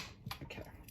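The metal door of a restored Gamewell fire alarm box is pushed closed, and its door latch gives a sharp click at 0.3 s, followed by softer knocks around 0.5 s and 0.9 s. The door is latched and locked in place.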